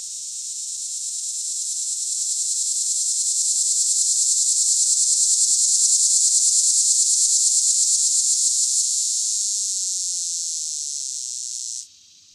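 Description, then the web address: Linne's cicada song: a loud, high, continuous buzz with a fine rapid pulsing, swelling then slowly fading for about twelve seconds before stopping abruptly. North America. "Songs of Insects. Linnes Cicada"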